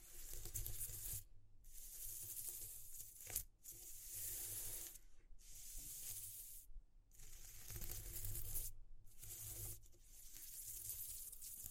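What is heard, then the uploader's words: ASMR texture sounds: bursts of dense, bright scratching and rubbing, each lasting one to two seconds, with short silent breaks between them about every one and a half to two seconds. A soft low rumble runs under each stroke. ASMR Exploring Textures (No Talking).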